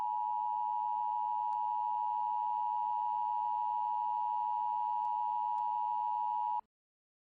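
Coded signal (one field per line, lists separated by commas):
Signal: Emergency Alert System (SAME) tones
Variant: 853 and 960 Hz attention tone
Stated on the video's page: Simulated scenario mock with valid EAS tones.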